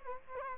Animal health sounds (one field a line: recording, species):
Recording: mosquito wingbeat signal from an infrared sensor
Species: Culex quinquefasciatus